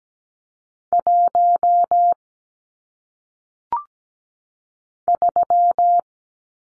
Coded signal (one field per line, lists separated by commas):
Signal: Morse code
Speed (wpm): 17 wpm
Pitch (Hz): 700 Hz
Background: none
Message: 1 3